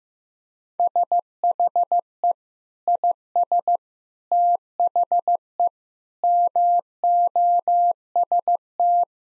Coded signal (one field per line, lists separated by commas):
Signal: Morse code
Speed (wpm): 15 wpm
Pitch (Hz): 700 Hz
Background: none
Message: SHE IS THE MOST